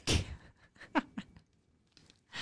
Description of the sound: He'll go in like a fit. He says it's because he can't do one large sneeze because it hurts his little poor little throat.